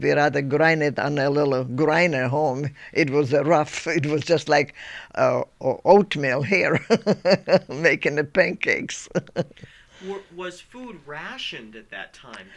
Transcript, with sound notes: We rather grind it on a little grinder at home. It was rough. It was just like oatmeal here, (she laughs) making the pancakes.
Was food rationed at that time?